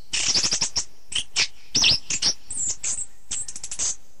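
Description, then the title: Thrush song of fast squeaky, scratchy notes and high chips in dense bursts, over a faint steady background hiss. "Suara Burung Anis"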